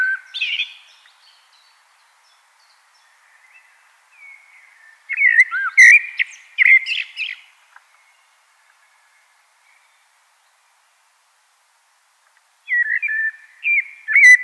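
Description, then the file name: Common blackbird song: several warbled phrases of fluty notes with high squeaky endings, separated by pauses, with soft trailing notes between them. "Turdus merula"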